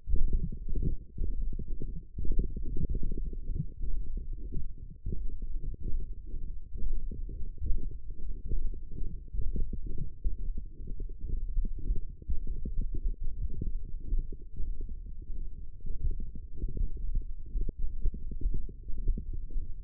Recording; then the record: forearm muscle sounds (acoustic myography)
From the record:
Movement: hand opening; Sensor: system 1, eight BSWA MPA416 microphones around the upper forearm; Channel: 3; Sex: male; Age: 23 years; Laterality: right